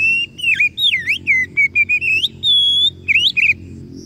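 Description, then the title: Oriental magpie-robin song: loud, clear whistled phrases, some steady, others sliding up and down, given in quick, varied bursts with short pauses between. Masteran (training recording) meant to provoke kacer into gacor (full, active singing); described as successful, the bird going on to become a contest champion. "Masteran Kacer Yang Sukses Memancing Kacer Gacor Sampai Jadi Juara"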